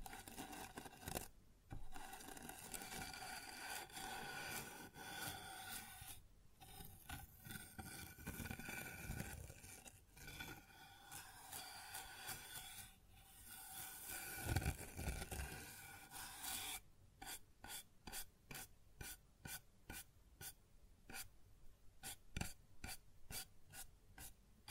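Sounds on a wooden surface: a steady, dense rasping and rubbing fills the first seventeen seconds, broken by brief pauses near two, six and ten seconds. After that it turns into quick, regular scraping strokes with short gaps between each one.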